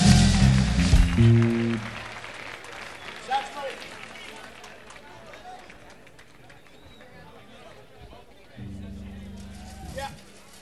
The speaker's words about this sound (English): Give him a big round of applause or two.